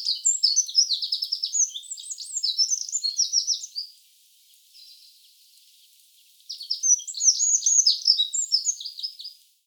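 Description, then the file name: Eurasian wren song: two long, rapid, high-pitched bursts of tumbling trills and sharp notes, each lasting a few seconds, separated by a short quiet gap. "Troglodytes troglodytes"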